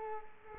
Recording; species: mosquito wingbeat signal from an infrared sensor; Culex quinquefasciatus